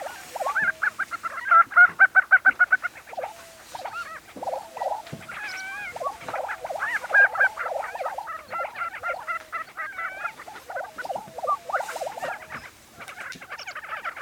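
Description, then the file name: Lesser prairie chickens chattering, opening with a fast, even run of loud clucks, then a mix of cackles, yelps and gobbling notes from several birds. Recorded 20 April 2013. "2013-04-20 Lesser Prairie Chicken"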